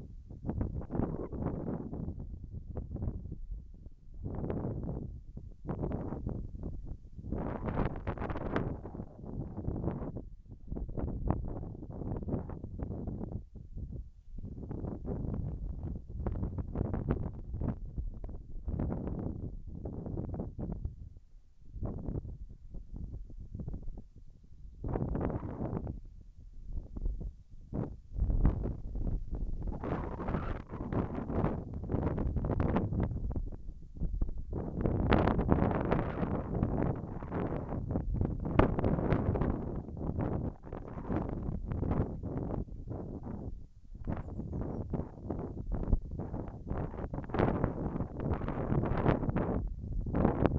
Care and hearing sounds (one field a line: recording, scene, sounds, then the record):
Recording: everyday scene through a hearing-aid microphone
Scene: wind on the microphone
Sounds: wind, whistling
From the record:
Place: in front of a rural house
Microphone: behind the ear, left, front